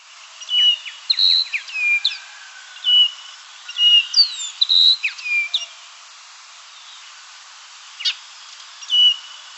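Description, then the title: Baywing calls: a busy chatter of clear whistled notes and quick chirps, pausing briefly before a few final whistles, over a steady background hiss. "LuckyPassaro Completos2Sama. Baywing (Agelaioides badius)"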